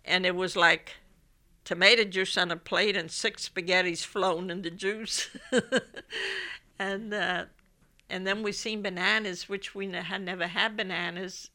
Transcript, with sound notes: and it was like tomato juice on the plate and six spaghettis floating in the juice. (she laughs) And, and then we seen bananas, which we had never had bananas.